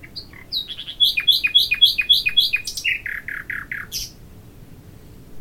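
Nightingale song: a phrase of rapid repeated notes, first a series of sharp high chips, then a run of lower descending slurred notes, ending in a brief high buzzy flourish.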